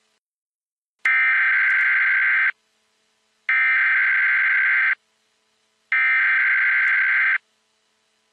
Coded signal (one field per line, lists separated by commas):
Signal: Emergency Alert System (SAME) tones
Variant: header bursts